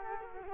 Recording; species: mosquito wingbeat signal from an infrared sensor; Culex quinquefasciatus